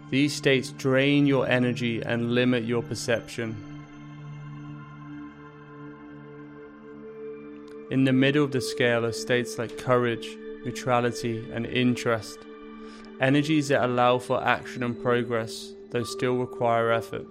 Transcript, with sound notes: These states drain your energy and limit your perception. [Pause 5 seconds] In the middle of the scale are states like courage, neutrality, and interest – energies that allow for action and progress, though still requiring effort.